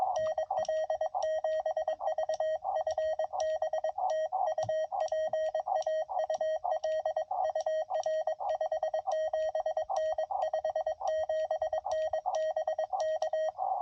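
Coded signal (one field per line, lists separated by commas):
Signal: Morse code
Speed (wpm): 22 wpm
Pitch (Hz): 630 Hz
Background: none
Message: NL7V FB TU PAUL UR 57N 57N BK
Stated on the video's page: Morse from a POTA activation in a national forest, sent with a Palm Radio Pico paddle on a Venus SW-6B radio with a Hamstick antenna.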